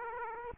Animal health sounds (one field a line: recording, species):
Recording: mosquito wingbeat signal from an infrared sensor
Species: Aedes aegypti